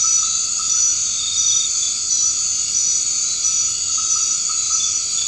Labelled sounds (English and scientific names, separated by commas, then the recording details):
none
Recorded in dense forest near Puerto Asís, Putumayo, Colombia, on 24 March 2025 at 20:30
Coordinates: 0.485, -76.318
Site G056